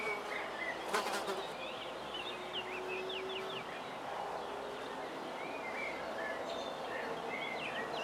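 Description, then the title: Fly buzzing, with drawn-out tones, while birds chirp and whistle throughout. Flies on a balcony, recorded in the morning from a house window at Erta di Sopra, Contrà Erta, Italy, with birds in the distance. "Erta di Sopra, Contrà Erta VI, Italia - Erta di Sopra - Mosche sul balcone e Uccelli in lontananza"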